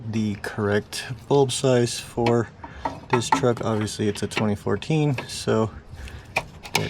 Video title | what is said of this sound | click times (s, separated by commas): LASFIT H10 LED Fog Light Bulbs Installation | You heard it click there. | 6.4 s, 6.8 s